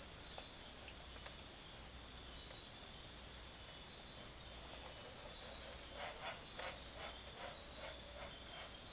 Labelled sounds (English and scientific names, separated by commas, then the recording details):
none
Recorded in secondary vegetation near Puerto Asís, Putumayo, Colombia, on 25 June 2025 at 05:30
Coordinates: 0.489, -76.322
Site G021